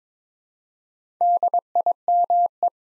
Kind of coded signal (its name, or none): Morse code